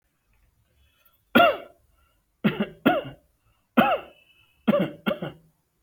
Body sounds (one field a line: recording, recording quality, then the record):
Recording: heavy voluntary cough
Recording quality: excellent, no background noise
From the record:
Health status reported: healthy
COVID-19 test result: not tested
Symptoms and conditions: none ticked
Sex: male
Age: 30 years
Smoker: not ticked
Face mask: not worn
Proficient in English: yes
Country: India